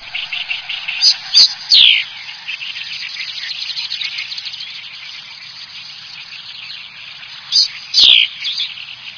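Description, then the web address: Bird calls over a constant background of dense high chirping, with louder, sharp, descending notes bursting out near the start and again near the end. Recorded in Higashiosaka, Japan. "higashiosaka bird koe"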